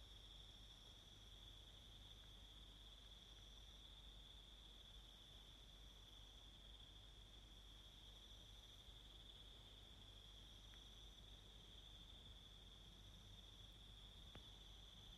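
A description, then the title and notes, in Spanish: Summer sounds in New Zealand: a continuous high insect trill, likely crickets, holds an unbroken bright tone for the whole clip with a fainter band above it. A steady low rumble runs underneath, and a couple of faint short clicks appear near the end. Este es un audio ambiental, de los ahora nostálgicos sonidos del verano Neozelandés, es una postal auditiva desde el pequeño pueblo de Mangawhai.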